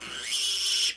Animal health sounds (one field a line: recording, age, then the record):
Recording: pig call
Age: piglet (1 to 25 days)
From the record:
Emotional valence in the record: negative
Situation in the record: restrain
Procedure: sham castration, cut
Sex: male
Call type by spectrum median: high-frequency call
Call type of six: high-frequency modulated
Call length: 0.96 s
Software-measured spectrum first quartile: 3080 Hz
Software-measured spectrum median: 4619 Hz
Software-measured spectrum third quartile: 6330 Hz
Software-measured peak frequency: 2988 Hz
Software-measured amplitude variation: 76 dB a second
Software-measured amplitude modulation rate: 22.3 a second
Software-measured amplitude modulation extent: 3.4 dB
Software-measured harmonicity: 2.2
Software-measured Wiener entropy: -1.92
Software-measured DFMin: 974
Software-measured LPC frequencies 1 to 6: 1445, 2298, 2971, 3330, 4342, 5275 Hz